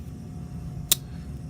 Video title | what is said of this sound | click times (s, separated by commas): New (to me) Rough Ryders | it pops to where it needs to go | 0.9 s